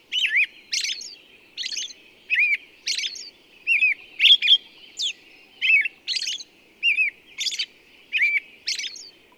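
Bird song of looping, wavering chirps with high sharp accents, in short bursts about every half second; faint low noise beneath.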